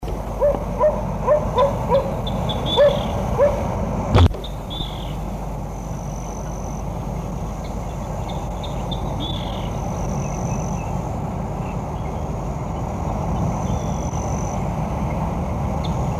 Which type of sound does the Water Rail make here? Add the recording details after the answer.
call. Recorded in the wild. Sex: female. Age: adult. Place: Primorsko, Burgas, BG. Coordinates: 42.2667, 27.75. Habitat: lake. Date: 1967-06-10. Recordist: Stiefel, Arnd. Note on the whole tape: Bei Primorsko: Rufe (tück-türr) von Wasserrallenweibchen (?). Völlig dunkel